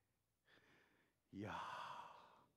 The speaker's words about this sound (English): Yahweh. Breathing in, breathing out.